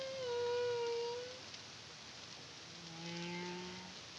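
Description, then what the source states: Humpback whale song with a sustained whistled tone that dips slightly, then a pause, then lower drawn-out moaning notes layered together, over steady hiss. Caribbean, CARIMAM project, 2023.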